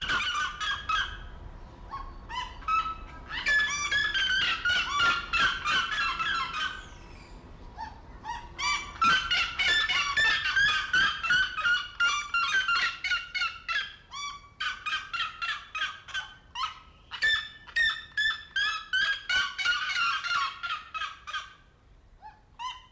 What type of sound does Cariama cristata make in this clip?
call